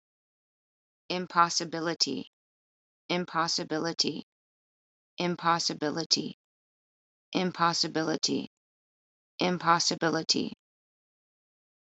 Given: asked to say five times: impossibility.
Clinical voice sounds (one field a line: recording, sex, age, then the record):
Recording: repeated word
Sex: female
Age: 30 to 39 years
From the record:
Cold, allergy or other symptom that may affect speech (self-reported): no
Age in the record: 37 years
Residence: California, United States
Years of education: 18